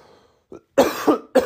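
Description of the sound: A short run of about three harsh, rough coughs from an adult man who is sick with a cold, losing his voice, with a runny nose and droopy eyes, preceded by a faint catch in the throat. The coughs are loud, noisy bursts.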